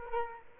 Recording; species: mosquito wingbeat signal from an infrared sensor; Culex quinquefasciatus